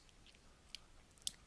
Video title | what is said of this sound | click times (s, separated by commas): Transformers Masterpiece MP 24 Star Saber Review | and you can even probably hear it click | 1.3 s